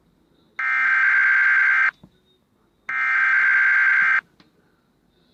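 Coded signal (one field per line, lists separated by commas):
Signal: Emergency Alert System (SAME) tones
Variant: header bursts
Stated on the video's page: Fictional asteroid impact scenario; EAS alert sound effects taken from a sound library.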